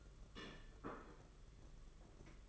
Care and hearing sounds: daily activity, microphone in the room; place plate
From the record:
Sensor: 4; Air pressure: 992.6 hPa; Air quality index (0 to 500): 135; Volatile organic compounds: 57 ppm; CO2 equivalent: 3380 ppm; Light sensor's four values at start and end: 19/65/24/25 and 19/65/24/25

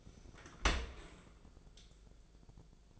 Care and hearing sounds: daily activity, microphone in the room; open dishwasher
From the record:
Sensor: 5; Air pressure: 1000.6 hPa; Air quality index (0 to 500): 154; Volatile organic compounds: 2 ppm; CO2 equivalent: 1184 ppm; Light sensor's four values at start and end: 44/102/43/47 and 45/103/44/48

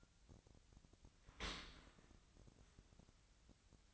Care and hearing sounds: daily activity, microphone in the room; open dishwasher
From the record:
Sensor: 3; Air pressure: 1003.1 hPa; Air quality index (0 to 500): 196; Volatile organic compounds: 6 ppm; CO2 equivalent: 1918 ppm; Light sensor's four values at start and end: 20/48/20/22 and 20/49/21/22

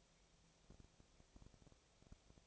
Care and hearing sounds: daily activity, microphone in the room; no activity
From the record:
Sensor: 1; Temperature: 19.6 degrees Celsius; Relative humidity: 36.5%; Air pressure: 997.0 hPa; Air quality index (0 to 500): 204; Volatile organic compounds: 129 ppm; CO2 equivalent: 3921 ppm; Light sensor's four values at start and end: 1/2/1/1 and 1/2/1/1

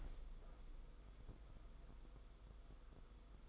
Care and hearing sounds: daily activity, microphone in the room; open window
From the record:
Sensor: 5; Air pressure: 990.5 hPa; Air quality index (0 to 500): 164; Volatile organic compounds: 297 ppm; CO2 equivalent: 4474 ppm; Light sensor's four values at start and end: 17/39/16/17 and 17/39/16/18

